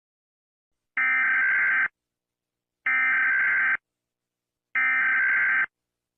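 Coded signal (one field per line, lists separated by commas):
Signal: Emergency Alert System (SAME) tones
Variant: header bursts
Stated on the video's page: Fictional EAS scenario, not a real alert.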